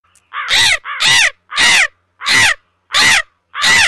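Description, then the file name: Eurasian magpie chatter: harsh, rasping calls repeated at a steady pace in a series of six, with nothing else heard. "la urraca"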